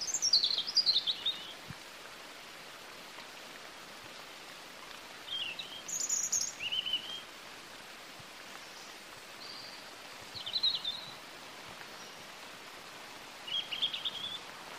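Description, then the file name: European robin song: short, high, thin warbled phrases separated by pauses of a few seconds over steady hiss. "Erithacus rubecula"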